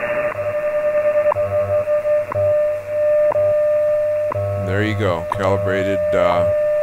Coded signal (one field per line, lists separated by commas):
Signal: radio time signal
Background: speech